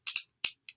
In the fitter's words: together if y'all can see that i'll hold it up y'all can see a little bit better you hear them like clicking